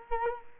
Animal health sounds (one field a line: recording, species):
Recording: mosquito wingbeat signal from an infrared sensor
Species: Culex quinquefasciatus